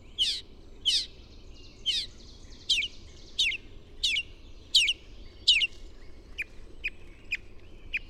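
Bird calls of sharp, descending high chirps repeated roughly every three-quarters of a second, growing thinner toward the end.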